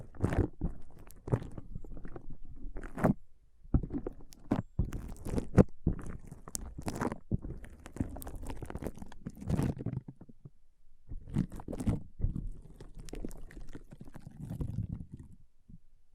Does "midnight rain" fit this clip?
no